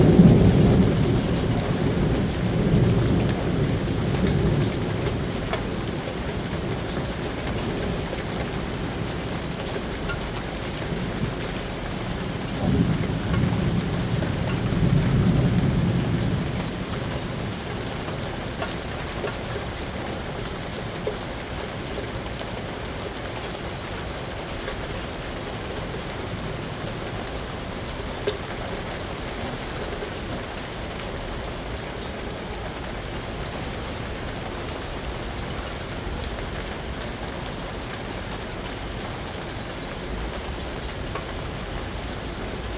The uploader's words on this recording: City storm. Storm in the center of Athens, Greece. Recording from the window and balcony.